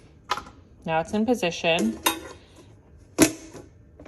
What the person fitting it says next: And you could hear it snap on. So, now it's on.